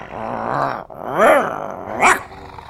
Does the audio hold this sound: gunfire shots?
no